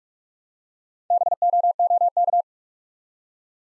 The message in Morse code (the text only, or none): BOOK